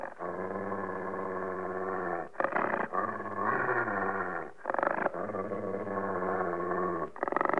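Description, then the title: Dog growling in long, low, rumbling stretches, broken by short gaps into several bouts. "NHK Sound Effects Collection Frogs, Crickets, Cicadas, Horses, Dogs"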